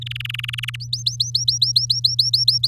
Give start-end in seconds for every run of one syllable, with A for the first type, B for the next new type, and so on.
0.01-0.76 A, 0.80-2.67 B